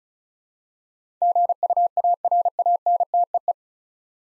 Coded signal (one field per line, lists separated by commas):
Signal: Morse code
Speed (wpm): 34 wpm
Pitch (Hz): 700 Hz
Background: none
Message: GUARANTEE